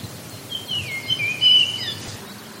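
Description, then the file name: Japanese grosbeak giving clear whistled notes that slide between mid and high pitch, with the loudest phrase near the middle, over a soft background hiss. "ikaru"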